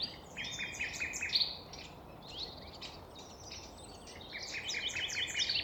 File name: Nightingales Citypark Clean Nl 733 pm 220417